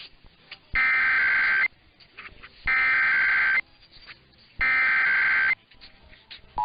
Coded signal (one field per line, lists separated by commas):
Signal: Emergency Alert System (SAME) tones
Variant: header bursts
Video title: 2 Monthlies And A Weekly Test (EAS #16233-16235) 2/20/24